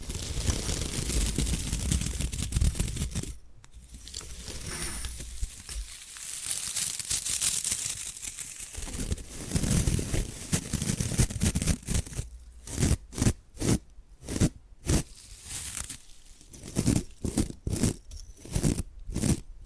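Bamboo is scratched and brushed in dense, continuous rasping strokes for the first twelve seconds, with a low rumble underneath. After that, sharp taps take over, coming in quick irregular bursts of bright, crisp clicks separated by short quiet gaps.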